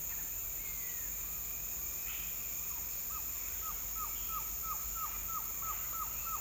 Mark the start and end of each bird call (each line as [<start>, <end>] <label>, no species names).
[3.07, 6.41] bird call